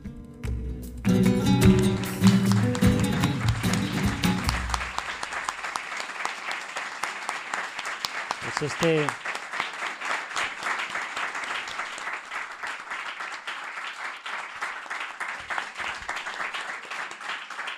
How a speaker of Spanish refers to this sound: Este es el aplauso que se lleva a Mariano.